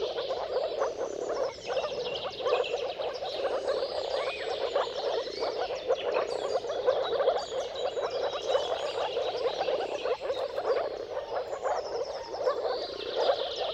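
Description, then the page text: Moor frogs calling en masse, a steady wash of low gurgling notes, while birds chirp and whistle faintly in the background. Dawn chorus of many moor frogs giving mating calls at sunrise, at the turn of March and April, timing depending on the weather. "Dawn’s Chorus: Mating Calls of Marsh Frogs at Sunrise. Depending on the weather at the turn of March and April, you can witness an amazing spectacle of moor frogs. Jakub-Orzecki moor frogs"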